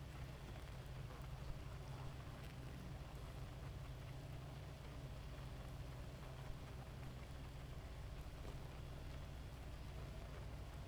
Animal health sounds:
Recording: honeybee colony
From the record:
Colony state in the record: active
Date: 28 July 2017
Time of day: 2:21

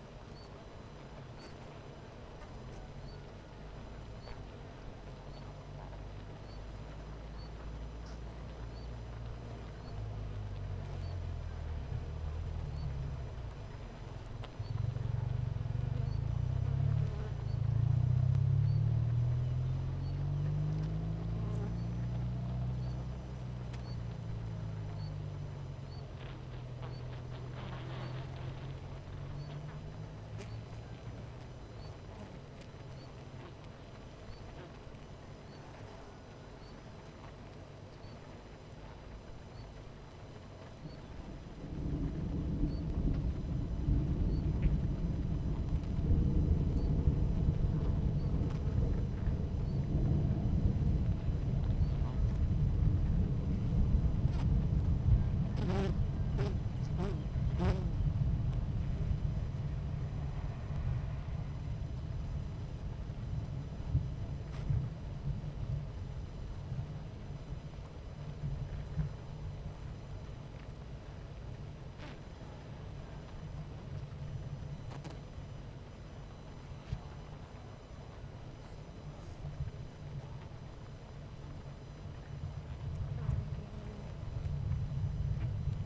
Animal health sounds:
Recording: honeybee colony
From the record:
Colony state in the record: missing queen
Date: 14 July 2017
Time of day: 11:26

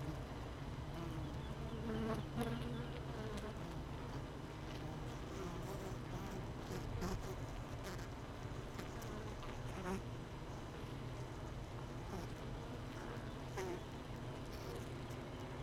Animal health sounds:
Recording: honeybee colony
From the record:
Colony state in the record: missing queen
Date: 31 May 2018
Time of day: 17:36

